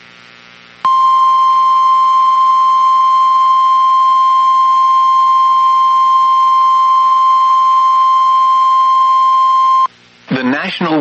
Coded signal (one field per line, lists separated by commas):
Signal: Emergency Alert System (SAME) tones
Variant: 1050 Hz attention tone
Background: speech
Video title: 2026 IS SLIGHT RISK RIGHT??? EAS Alerts From 3/4/26 (EAS#5,192 - 5,216)